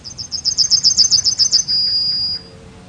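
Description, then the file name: Bunting song: a fast series of many high, sharp notes, then a long, thin sustained note at the end. "Zigolo"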